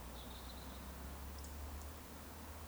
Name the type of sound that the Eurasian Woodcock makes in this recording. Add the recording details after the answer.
whistle. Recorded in Baden-Württemberg, Germany, on 18 June 2021 at 19:27 UTC. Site 49334, 1074 m above sea level